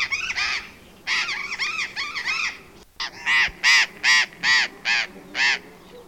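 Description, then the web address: Burrowing parrot harsh calls: a jumbled cluster of raspy screeches, a brief pause, then six loud grating squawks repeated at an even pace. "parrots cyanoliseus-patagonus"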